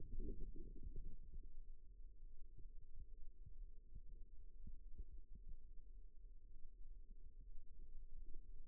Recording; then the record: forearm muscle sounds (acoustic myography)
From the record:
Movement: rest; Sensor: system 2, bracelet of six BSWA MPA416 microphones around the upper forearm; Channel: 3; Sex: male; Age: 22 years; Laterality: right